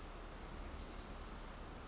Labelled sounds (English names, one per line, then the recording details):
Pacific Wren
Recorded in Sonoma County, California